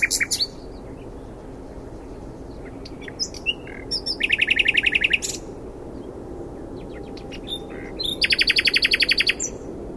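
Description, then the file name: Common nightingale song with a brief phrase at the start, scattered notes, then two loud machine-gun bursts of rapid identical notes, each about a second long, separated by a pause. "Luscinia megarhynchos"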